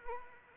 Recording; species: mosquito wingbeat signal from an infrared sensor; Anopheles arabiensis